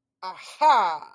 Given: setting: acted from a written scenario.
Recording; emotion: vocal sound without words; triumph